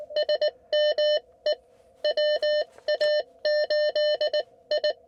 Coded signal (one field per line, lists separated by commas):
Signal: Morse code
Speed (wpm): 19 wpm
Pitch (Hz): 600 Hz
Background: none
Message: SME WA8 I